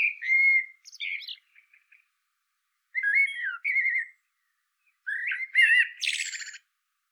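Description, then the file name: Eurasian blackbird song: mellow, fluty warbled phrases around mid pitch, some ending in a thin, high scratchy twitter, with pauses between phrases. "Turdus merula"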